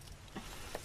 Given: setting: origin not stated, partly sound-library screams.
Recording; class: one-second piece from a danger detection set; normal situation